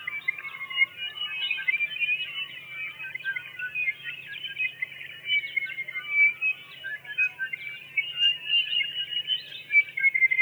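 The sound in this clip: Tawny-crowned Honeyeater calls, a steady busy chatter of short squeaky and slurred notes running throughout, over a faint low hum.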